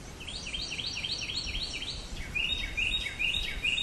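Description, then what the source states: Bird chirping: several swooping chirps in quick succession, then a few sharper, higher chirps, over a soft steady hiss. Recorded in 2008.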